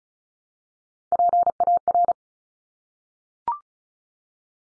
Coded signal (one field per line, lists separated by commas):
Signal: Morse code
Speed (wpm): 36 wpm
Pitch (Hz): 700 Hz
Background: none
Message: PAR